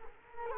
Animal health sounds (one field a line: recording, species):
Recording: mosquito wingbeat signal from an infrared sensor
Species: Culex quinquefasciatus